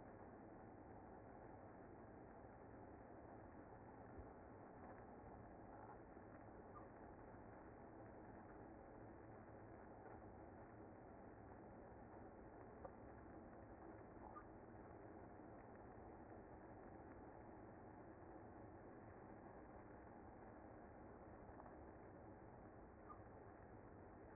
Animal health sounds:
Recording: honeybee colony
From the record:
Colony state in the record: active

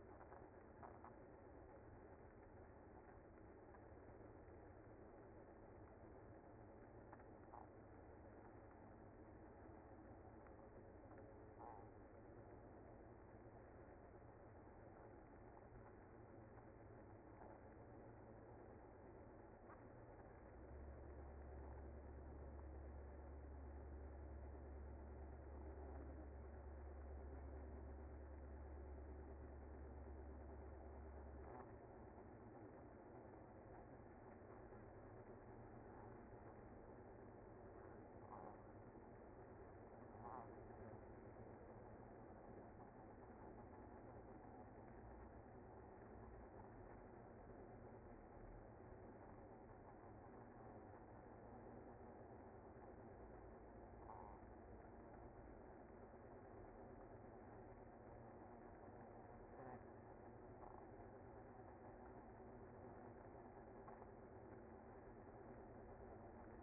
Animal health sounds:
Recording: honeybee colony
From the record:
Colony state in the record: active

